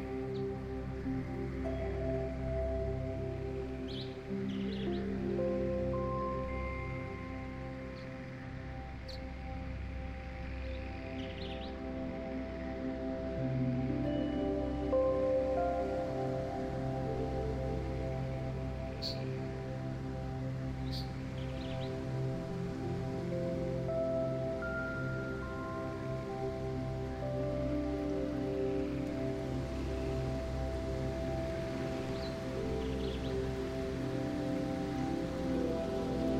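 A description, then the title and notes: Gentle music blends with rainforest sounds: soft sustained tones and slow melodic lines sit low and steady throughout, with a warm drone underneath. Faint, brief bird chirps and clicks flicker in the background every few seconds, and a light rustle hangs over everything at an even level. Rainforest Lullabies: Soothing Melodies for Sleep.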